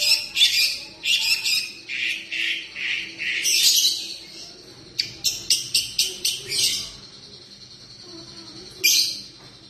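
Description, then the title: Long-tailed shrike song: scratchy high phrases followed by a quick string of sharp, clipped notes, then a quiet gap and one final harsh burst. Song style named kombinasi (combination song). "Cendet Kombinasi"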